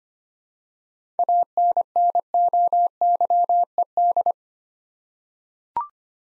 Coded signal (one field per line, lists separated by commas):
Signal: Morse code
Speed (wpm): 25 wpm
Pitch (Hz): 700 Hz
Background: none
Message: ANNOYED